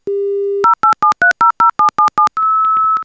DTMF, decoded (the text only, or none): 087300777